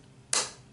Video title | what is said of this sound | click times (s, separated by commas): Event Tone Wireless Tutorial Series - How To Use A Hytera PD562 Digital DMR Two Way Radio | the battery in thusly push down till you hear it click and then | 0.3 s